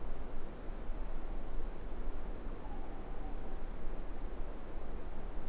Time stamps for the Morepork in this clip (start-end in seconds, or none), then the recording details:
2.56-3.69. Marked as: faintness 4/5. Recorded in New Zealand. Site Eglinton